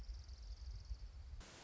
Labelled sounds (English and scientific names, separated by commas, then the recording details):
Orange-crowned Warbler (Leiothlypis celata)
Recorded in Sonoma County, California